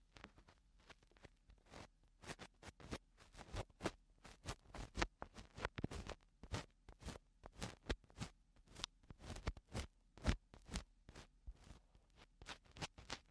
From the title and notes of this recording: Eardrum Cleaning (No Talking).